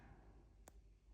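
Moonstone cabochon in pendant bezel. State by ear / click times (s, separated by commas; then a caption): partly seated / 0.7 s. A moonstone cabochon set in a handmade metal pendant bezel that is slightly too short gives one faint, sharp click at 0.7 s as the pendant is handled. The click sounds against a low steady background hum. The stone is not quite sitting down in the bezel, so it is only partly seated.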